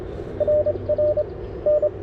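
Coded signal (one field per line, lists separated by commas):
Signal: Morse code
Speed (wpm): 24 wpm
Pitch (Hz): 590 Hz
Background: none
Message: RR N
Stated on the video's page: CW Parks On The Air activation on CFT-1 QRP CW radio, WRC antenna, Begali Expedition key; slow activation under poor solar conditions.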